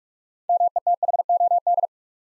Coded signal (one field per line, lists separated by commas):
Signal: Morse code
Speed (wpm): 44 wpm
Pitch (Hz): 700 Hz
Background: none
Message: METHOD